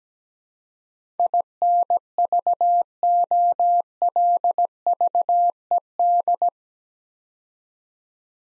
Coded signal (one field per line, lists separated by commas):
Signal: Morse code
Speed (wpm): 17 wpm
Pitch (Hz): 700 Hz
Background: none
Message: INVOLVED